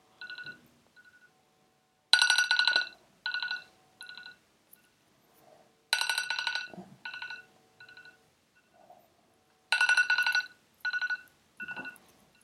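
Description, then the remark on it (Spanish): A mobile phone gives off a series of short electronic beeps and tone bursts in uneven groups, bright and fairly loud, like button presses and alert chimes while someone uses it, with no talking. “Nomás en un segundito estoy checando unas cosas de mi celular.”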